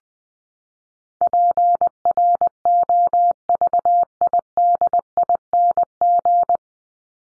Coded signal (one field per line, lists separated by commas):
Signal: Morse code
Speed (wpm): 20 wpm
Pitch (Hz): 700 Hz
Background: none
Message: PROVIDING